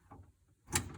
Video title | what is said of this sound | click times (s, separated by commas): How to operate John Deere 4400 with snowblower | Right there it clicks. | 0.8 s